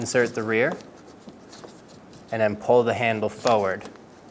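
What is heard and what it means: A new rear exterior door handle is being fitted into the rear door frame of a 2007–2012 Nissan Altima while someone talks, with quiet handling noises and a short sharp knock right at the end of the clip. The handle is still being handled and nothing has seated or clicked yet.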